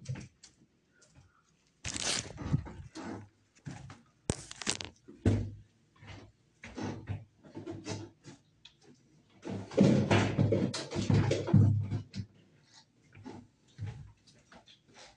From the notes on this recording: elevator sounds, walking, trash bags and doors